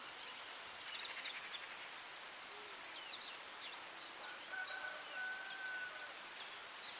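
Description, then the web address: Birds in a dawn chorus: many overlapping high chirps and trills, with one clear sustained whistle, against a steady hiss of background noise. Dawn chorus in Anglesey, Wales. "beanstalk-audio Dawn chorus in Anglesey Wales"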